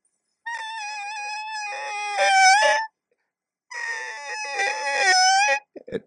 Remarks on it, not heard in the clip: I can't possibly sing that high with the full length of my vocal folds, and you can prove that it's segmental when I try to crescendo, and you hear this inability to do a true crescendo. It just won't go louder.